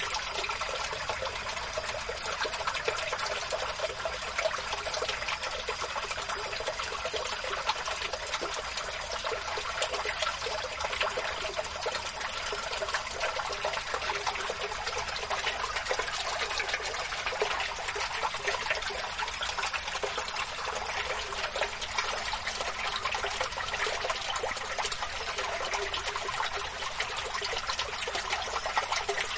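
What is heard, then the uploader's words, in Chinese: Water gurgles steadily beneath a bridge, a dense, even hiss of bright splashing with little low rumble and no change throughout. 桥洞下汩汩流水。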